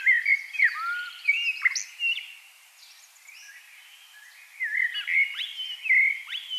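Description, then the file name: Common blackbird with fluty, downslurred whistles and sharp high notes in two bursts separated by a quieter gap. "Turdus merula"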